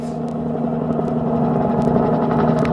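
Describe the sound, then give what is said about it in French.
A helicopter taking off, a steady, loud mechanical drone with a deep rumbling core and a faint whine above, swelling slightly over a few seconds with no voices. “Par les moustaches de plexiglas, l'hélicoptère s'envole.”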